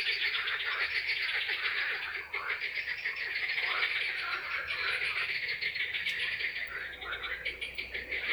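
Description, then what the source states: A chorus of frogs giving rapid, rattling pulsed calls, high and dense. Recorded in Czechia.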